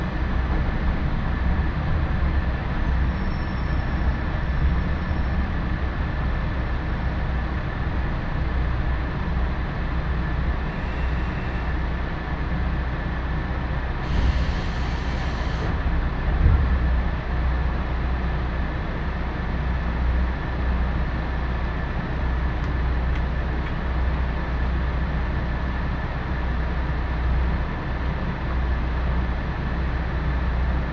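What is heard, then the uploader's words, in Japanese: A ride aboard the Nagara Railway's Nagara No. 2 train runs as a steady, dense low rumble of engine and wheels, with a faint constant whine above it. A brief brighter hiss rises around the fourteenth to sixteenth seconds, and small clacks of the track come through now and then. 耳で楽しむ鉄道旅 長良川鉄道 ながら２号 美濃市→美濃太田。美濃市からも快速運転で走るので関と富加にのみ停車します。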